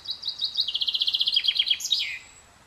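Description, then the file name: Common chaffinch song: a rapid run of high notes stepping down in pitch and ending in a sharp flourish, a little over two seconds long. "Fringilla coelebs"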